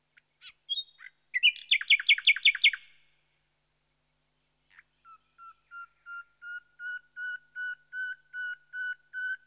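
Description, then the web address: Common nightingale song: a rapid loud trill after soft opening notes, then after a pause a slow crescendo of repeated whistled notes, about three per second. "BBC Sound Effects Library. Nightingale"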